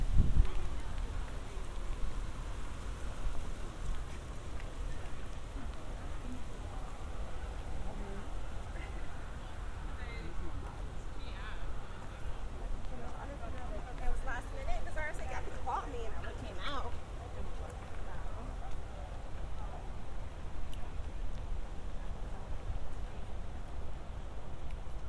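A walk through Central Park, with a steady low rumble of wind and distant traffic underneath everything. Voices talk on and off throughout, growing busier in the middle, and a few short high chirps, likely birds, sound around the ten to seventeen second mark.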